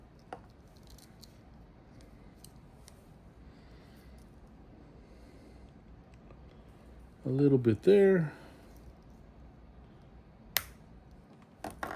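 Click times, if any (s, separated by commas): 10.6 s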